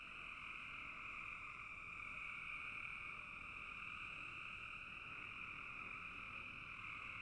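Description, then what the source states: Dense frog chorus, a constant buzzing wall of overlapping calls holding two steady pitches for the whole stretch. Frogs in a bog.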